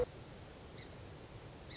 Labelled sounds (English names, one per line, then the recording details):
Song Sparrow
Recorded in Sonoma County, California